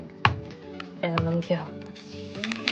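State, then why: Seated. A smartphone is pressed into a plastic triangular-positioning frame used to apply a screen protector, and a sharp tap at 0.3 s marks the phone clipping into place. Someone talks over background music, and a few lighter taps follow near the end.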